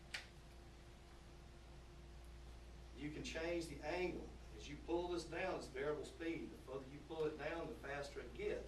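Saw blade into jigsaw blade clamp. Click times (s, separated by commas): 0.1 s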